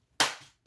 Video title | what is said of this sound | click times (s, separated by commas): Laptop screen replacement / How to replace laptop screen Lenevo Ideapad 110 | ready to click you know it's in and it's in | 0.2 s